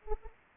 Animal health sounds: mosquito wingbeat signal from an infrared sensor; Anopheles arabiensis

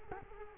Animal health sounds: mosquito wingbeat signal from an infrared sensor; Culex quinquefasciatus

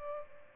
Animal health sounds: mosquito wingbeat signal from an infrared sensor; Culex pipiens

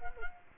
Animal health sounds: mosquito wingbeat signal from an infrared sensor; Culex quinquefasciatus

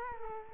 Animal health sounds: mosquito wingbeat signal from an infrared sensor; Culex quinquefasciatus

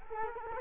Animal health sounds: mosquito wingbeat signal from an infrared sensor; Culex quinquefasciatus

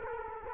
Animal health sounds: mosquito wingbeat signal from an infrared sensor; Culex quinquefasciatus

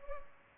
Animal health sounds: mosquito wingbeat signal from an infrared sensor; Culex pipiens

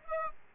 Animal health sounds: mosquito wingbeat signal from an infrared sensor; Aedes aegypti

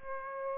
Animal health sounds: mosquito wingbeat signal from an infrared sensor; Aedes aegypti

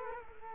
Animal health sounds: mosquito wingbeat signal from an infrared sensor; Culex quinquefasciatus

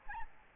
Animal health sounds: mosquito wingbeat signal from an infrared sensor; Aedes albopictus

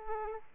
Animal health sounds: mosquito wingbeat signal from an infrared sensor; Aedes aegypti

